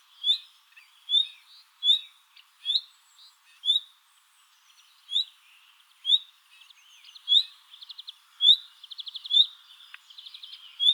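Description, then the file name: Common nightingale giving a series of short rising whistled calls, then rapid trilled notes near the end. "Luscinia megarhynchos"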